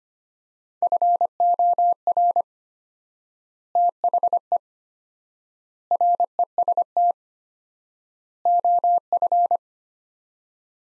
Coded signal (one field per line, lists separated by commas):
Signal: Morse code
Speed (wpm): 25 wpm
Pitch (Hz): 700 Hz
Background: none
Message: FOR THE REST OF